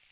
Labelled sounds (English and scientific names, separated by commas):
Magnolia Warbler (Setophaga magnolia) flight call